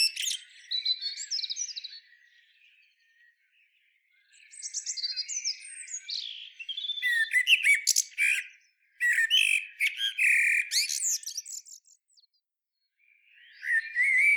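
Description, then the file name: Common blackbird song: bursts of varied warbled phrases with high, squeaky twittering flourishes, separated by short pauses, with no other sounds evident. "Turdus merula"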